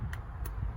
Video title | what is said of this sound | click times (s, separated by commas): YAMAHA WAVERUNNER 650 1992 REVIVAL! | make sure you hit you hear a click when you put that thing on | 0.1 s